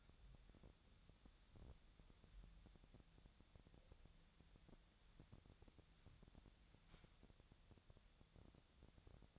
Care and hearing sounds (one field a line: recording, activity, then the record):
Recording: daily activity, microphone in the room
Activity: wipe stove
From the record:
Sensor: 3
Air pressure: 1007.0 hPa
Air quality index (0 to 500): 205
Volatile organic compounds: 18 ppm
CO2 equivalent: 2621 ppm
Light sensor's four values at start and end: 12/27/11/11 and 11/27/11/11